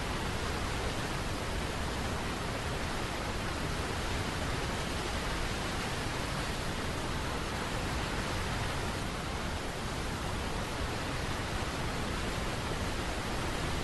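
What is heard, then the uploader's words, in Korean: A waterfall roars without a break, a dense, even rush of falling water that fills everything from deep rumble to bright hiss. The level holds steady for the whole stretch, with no separate splashes or other sounds standing out. 시원한 폭포소리.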